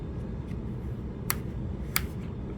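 The spring-loaded flip-up arm of a night-vision mount on a tactical helmet is flipped up and out of the line of sight without a finger damping it. Two sharp, bright clicks at 1.3 s and 2.0 s stand out over a low steady rumble, with a faint tick near the end. The latch clicks into the raised position, and it is noisy because of the spring.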